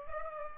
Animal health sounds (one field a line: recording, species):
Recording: mosquito wingbeat signal from an infrared sensor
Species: Culex pipiens